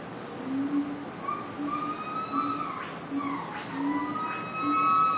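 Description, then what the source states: Gibbon calls: sustained tonal notes and sharp rising sweeps over a repeated lower hooting pulse, growing louder toward the end. Zoo ambience recorded at the monkey cage, gibbons howling.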